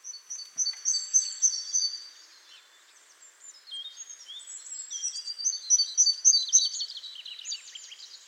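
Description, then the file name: Great tit calls, a steady row of high chirps opening into a busy mix of thin sliding notes and chatter that continues to the end. "Parus major"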